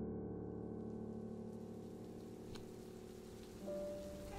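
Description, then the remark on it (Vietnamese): Soft, steady early-spring drizzle at night in Bắc Biên village hisses continuously with faint patter, layered over a low sustained droning hum; a thin high tone enters near the end. “Tiết trời mưa phùn lâm thâm đầu xuân khiến cho khung cảnh ban đêm ở làng Bắc Biên càng thêm quỷ dị.”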